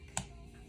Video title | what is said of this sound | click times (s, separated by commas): 1st Grade | hear that snap now if it's hard for you to snap that cap | 0.2 s